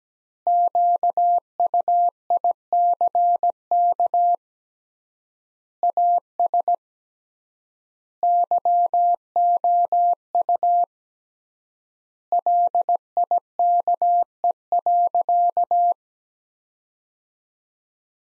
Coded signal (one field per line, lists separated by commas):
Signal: Morse code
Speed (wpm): 17 wpm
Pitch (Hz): 700 Hz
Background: none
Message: QUICK AS YOU LIKE.